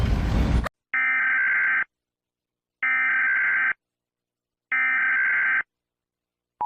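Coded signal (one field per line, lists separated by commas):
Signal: Emergency Alert System (SAME) tones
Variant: header bursts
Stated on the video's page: Fictional, mock EAS scenario.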